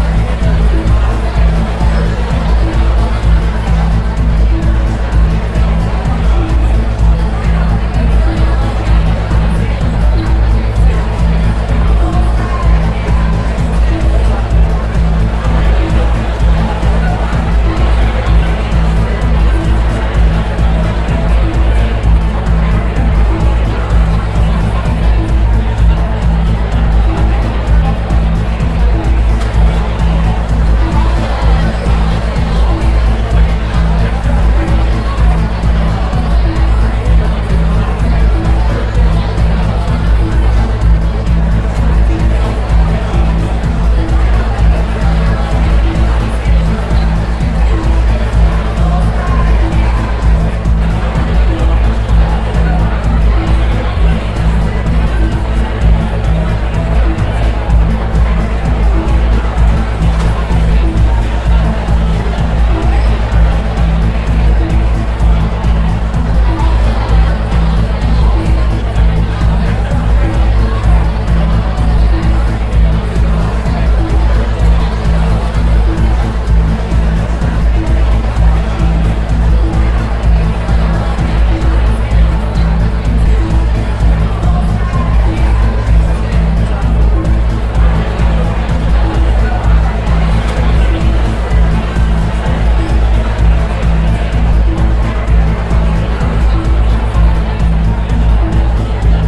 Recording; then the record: background sound without coughing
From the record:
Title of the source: Party Noise 1 Hour Party Ambience